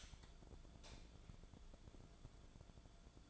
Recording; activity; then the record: daily activity, microphone in the room; light on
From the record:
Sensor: 5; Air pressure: 1010.3 hPa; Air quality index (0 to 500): 119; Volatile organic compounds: 2 ppm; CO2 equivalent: 1169 ppm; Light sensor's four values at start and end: 497/1272/526/592 and 500/1281/530/595